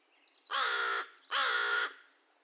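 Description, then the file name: American crow giving two loud, harsh caws about half a second each, spaced closely, with nothing else audible between them. Recorded 2 May 2020; the recording holds 22 caw-caws and one caw. "2020-05-02 American Crow cawcawsandonecaw"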